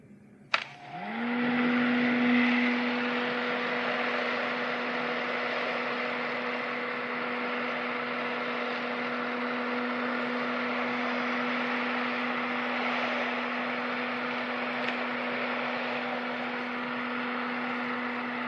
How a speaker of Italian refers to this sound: Lei ha asciugacapelli.